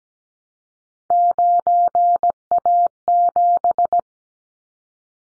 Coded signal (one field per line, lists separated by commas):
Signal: Morse code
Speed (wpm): 17 wpm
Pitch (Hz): 700 Hz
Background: none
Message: 9A7